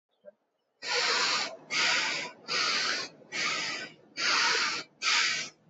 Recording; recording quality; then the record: shallow breathing; excellent, no background noise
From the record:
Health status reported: healthy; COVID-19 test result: negative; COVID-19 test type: RT-PCR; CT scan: not taken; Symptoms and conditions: cough, cold, loss of smell and taste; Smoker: yes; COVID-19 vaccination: both doses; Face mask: worn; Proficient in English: yes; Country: India